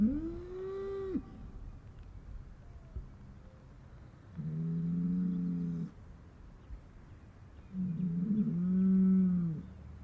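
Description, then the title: Cow lows three times, a higher bellow followed by two long, deep, steady moos separated by quiet pauses. "Harmony in Hooves: Decoding the Rhythms of Cow Conversations"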